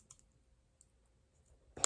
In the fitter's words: pop them into place you have to hear a pop a nice pop